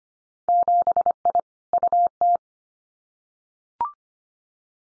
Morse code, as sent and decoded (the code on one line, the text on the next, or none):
--... .. / ..- -
7I UT